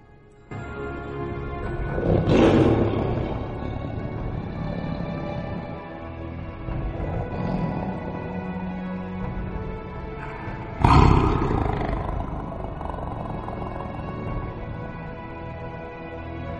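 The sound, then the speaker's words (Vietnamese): A Bai Ze (bạch trạch), a mythical beast, roars furiously after swallowing a demon god in one gulp. The deep, rumbling roar swells loudly in two big bursts around a sustained growling drone, with no voices present. “Tiếng phẫn nộ của nó gầm lên, vang vọng cả trời đất, chấn động cả thiên địa.”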